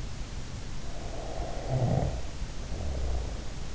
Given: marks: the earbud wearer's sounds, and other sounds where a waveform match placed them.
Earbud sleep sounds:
sounds in sleep by an in-ear microphone; snoring breath
0.62-3.67 s: snoring breath

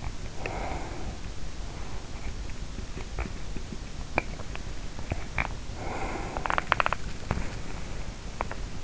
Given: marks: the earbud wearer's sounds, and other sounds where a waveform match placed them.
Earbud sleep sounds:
sounds in sleep by an in-ear microphone; breath, teeth grinding
0.27-2.56 s: breath
2.88-5.71 s: teeth grinding
5.71-6.64 s: breath
6.27-8.84 s: teeth grinding

